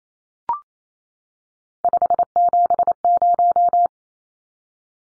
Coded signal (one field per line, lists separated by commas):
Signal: Morse code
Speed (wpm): 28 wpm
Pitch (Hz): 700 Hz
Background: none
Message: 570